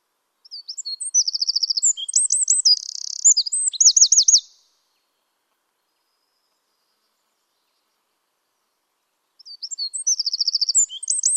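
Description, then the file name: Eurasian wren song: a vigorous four-second burst of high trills and rapid looping notes, then silence, then the next phrase begins near the end. "Troglodytes troglodytes"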